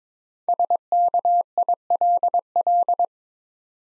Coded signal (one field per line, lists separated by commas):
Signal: Morse code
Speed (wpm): 22 wpm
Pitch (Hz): 700 Hz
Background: none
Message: SKILL